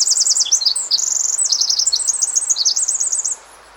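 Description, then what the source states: Pacific wren song, a breathless cascade of very high, rapid notes and trills that shift constantly in pitch, ending suddenly after about three seconds. Male sings perched on a snag about 10 to 15 feet above the ground; packs very many fast notes into a short time.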